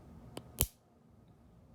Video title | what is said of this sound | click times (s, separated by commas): Make It By Marko Brush Buddies tutorial | and then rotate it to where it twists and it has a nice pop whenever it locks in place | 0.6 s